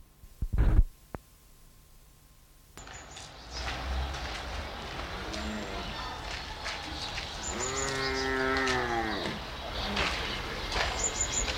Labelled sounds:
Banded Mongoose (Mungos mungo)

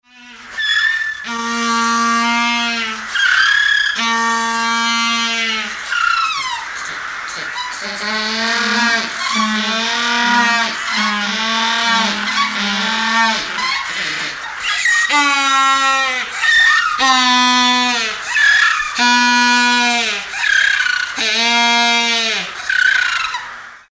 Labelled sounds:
Humboldt Penguin (Spheniscus humboldti)

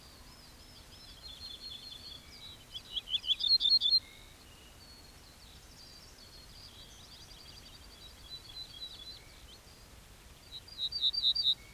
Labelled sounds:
Ortolan Bunting (Emberiza hortulana)

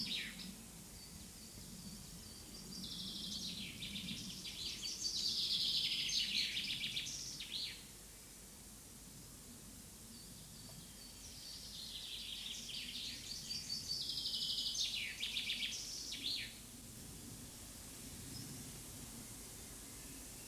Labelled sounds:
Common Chaffinch (Fringilla coelebs) song

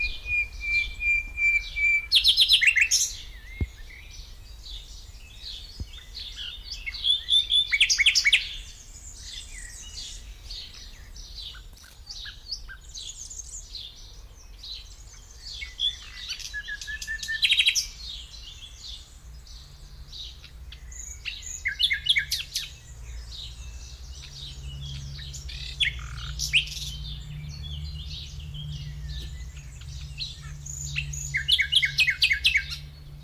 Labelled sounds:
Common Nightingale (Luscinia megarhynchos) song

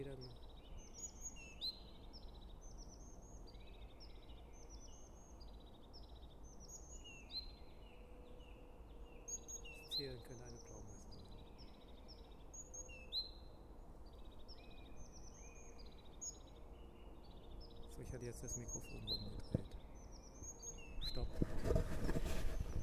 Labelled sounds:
Great Tit (Parus major) song

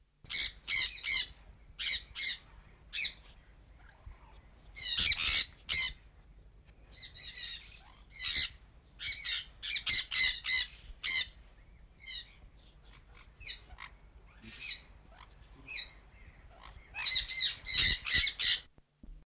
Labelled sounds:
Sun Parakeet (Aratinga solstitialis) call

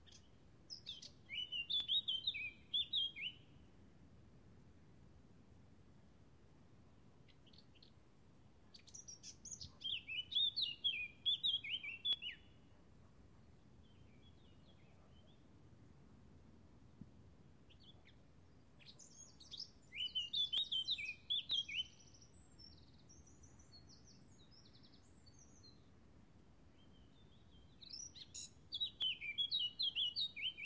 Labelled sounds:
Eurasian Blackcap (Sylvia atricapilla) song

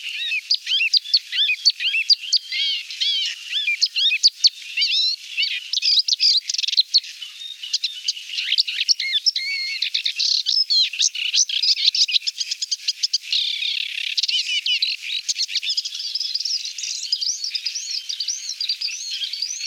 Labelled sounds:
Paddyfield Warbler (Acrocephalus agricola) song

